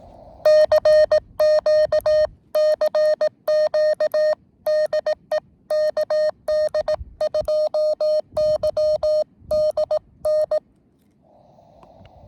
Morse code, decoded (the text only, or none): CQ CQ DE KD2YDN